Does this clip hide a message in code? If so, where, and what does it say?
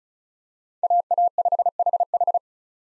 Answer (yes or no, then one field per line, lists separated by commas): yes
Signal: Morse code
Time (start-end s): 0.8-2.4 s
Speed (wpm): 34 wpm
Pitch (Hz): 700 Hz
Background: none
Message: AA5HH